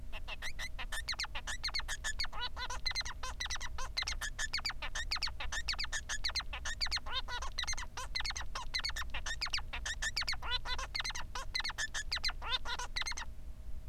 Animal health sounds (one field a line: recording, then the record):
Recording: song of a male Bengalese finch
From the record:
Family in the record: son of father 3